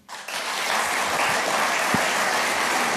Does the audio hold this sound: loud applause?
yes